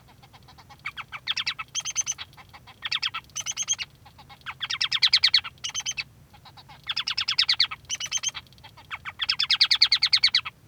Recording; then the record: song of a male Bengalese finch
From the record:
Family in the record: son of father 3